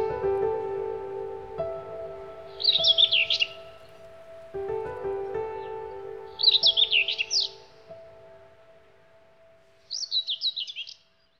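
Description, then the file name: Bird song: three separate bursts of quick, chattering high warbles spaced several seconds apart, with a steady low droning hum beneath that fades out. "Bird Song Group - Chirping"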